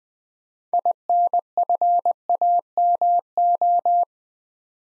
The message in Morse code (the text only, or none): INFAMO